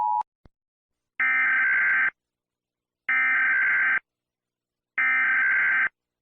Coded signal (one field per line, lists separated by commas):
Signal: Emergency Alert System (SAME) tones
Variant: header bursts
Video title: EAS Scenario - The Great Earthquake (1977)